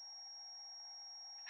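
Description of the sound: Simulated tinnitus: a steady, fairly quiet high-pitched tone near 5 kHz over a faint band of hiss, representing the sound inside a person's head, heard only in the left ear.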